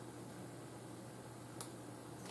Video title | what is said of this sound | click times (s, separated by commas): Fette Kontrolle für fettes Licht | Klick, eingerastet. | 1.6 s